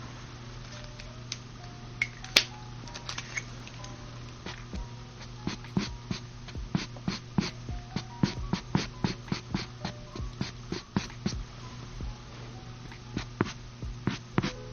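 Makeup being applied, with frequent sharp taps and clicks of brushes and cases over a steady low hum, growing busier after five seconds.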